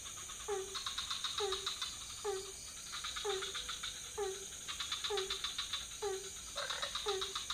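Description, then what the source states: Frogs calling at night: a short downward-sliding note repeats regularly, overlaid by bursts of rapid clicking rattles and a steady high hiss. Several frog species calling at night in a pond near a hotel in Ubud, Bali, Indonesia; recorded with Sony PCM D50, Rode NT4 and boompole.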